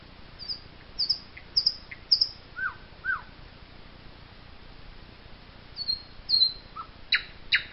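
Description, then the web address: Common nightingale song: thin high whistles, a couple of falling notes, a quiet gap, then further high notes and two sharp loud notes. "chants doiseaux chant du rossignol"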